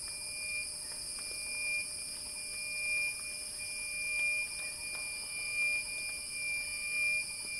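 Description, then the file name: Cicada song as a bright steady drone, its loudness swelling and easing in repeated surges roughly every second or two. Cicadas singing in a crescendo. "earth-fm Axel-Drioli Cicada-Crescendo-Sounding-Wild"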